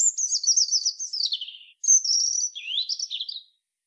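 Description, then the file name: European robin delivering rapid, high, trilling runs that slowly descend, a short break, then a sharp high whistle and more tumbling, liquid notes. "Erithacus rubecula"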